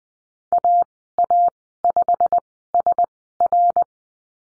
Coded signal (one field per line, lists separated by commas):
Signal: Morse code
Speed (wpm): 20 wpm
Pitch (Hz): 700 Hz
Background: none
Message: AA5SR